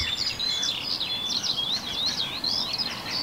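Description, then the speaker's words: Common Sandpiper calling: a dense run of thin, high, piping notes, rising and falling quickly and repeated without pause for the whole three seconds, over a faint low hiss. Heard live in the morning from microphones set toward the bay. "Ja nyt kuuluu rantasipi."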